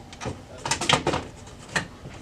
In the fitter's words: kind of feel it click back into place and then